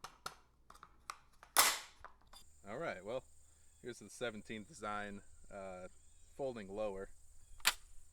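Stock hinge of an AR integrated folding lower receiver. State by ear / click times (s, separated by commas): seated / 7.7 s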